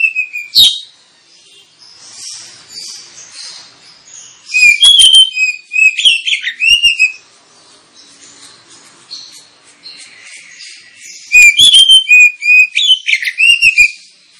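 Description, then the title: Oriental magpie-robin giving a loud whistle at the start, then two long bursts of varied whistled and chattering phrases, with soft hiss in between. Kacer (Oriental magpie-robin) recording used as a lure to provoke other kacer birds into singing and fighting. "Kacer Langsung Tarung Konslet KACER NGOTOT FULL TEMBAKAN. Kacer dimana SAJA Bakalan NGEPLONG GACOR dengan Pancingan Kacer ini"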